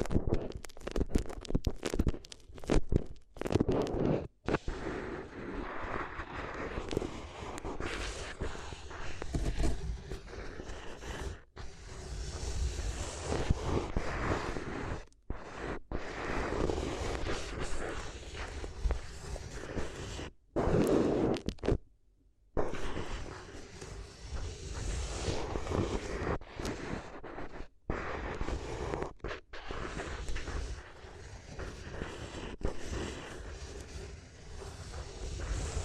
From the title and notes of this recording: ASMR If You Had Paper Ears (No Talking).